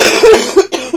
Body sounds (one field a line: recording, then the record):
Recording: coughing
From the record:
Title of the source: 61 morning phlegmy cough...again